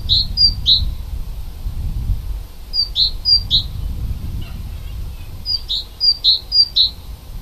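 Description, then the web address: Bird song: short bursts of several high, clipped notes, the bursts recurring roughly every three seconds over a low rumbling background. Native forest bird recorded in February. "oeko wald vogel februar vogel heimisch"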